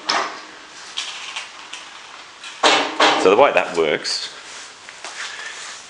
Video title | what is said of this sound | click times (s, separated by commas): Tilta trailer suitable for small cars | tilt down because of the the weight of the car and then it clicks back into that locking mechanism there so | 0.1 s